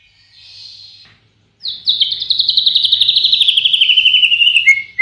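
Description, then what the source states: White-rumped shama song: a brief soft note, then a long rapid trill of repeated notes slowly falling in pitch, ending in a short note. Tutor song meant for training caged songbirds.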